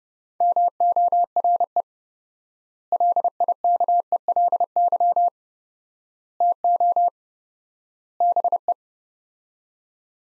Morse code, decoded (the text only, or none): MORE LIKELY TO BE